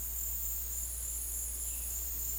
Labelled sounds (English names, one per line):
none